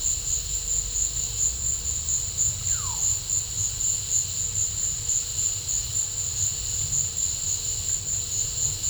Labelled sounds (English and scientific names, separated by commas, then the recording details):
Russet-backed Oropendola (Psarocolius angustifrons)
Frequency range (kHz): Russet-backed Oropendola (Psarocolius angustifrons) 0.4-2.5 kHz
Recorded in pastures near Puerto Asís, Putumayo, Colombia, on 20 December 2024 at 15:00
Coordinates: 0.496, -76.326
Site G004